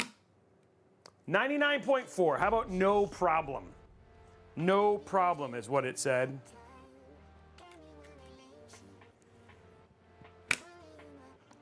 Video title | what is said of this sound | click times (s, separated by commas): Giveaways + $3200 DeepCool Morpheus Step By Step PC Build (14900K / RTX 4080 Super) | Both of those solid solid clicks. | 9.2 s, 10.5 s